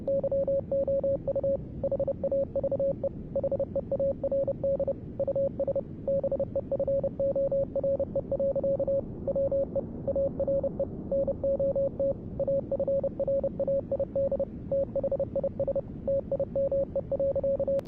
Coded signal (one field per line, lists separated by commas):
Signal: Morse code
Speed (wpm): 30 wpm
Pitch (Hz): 550 Hz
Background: none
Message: YOU HAVE HEARD US BEFORE. WE ARE NOT AFRAID THIS TIME.